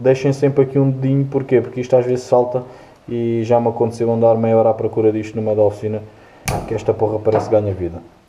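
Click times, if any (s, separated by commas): none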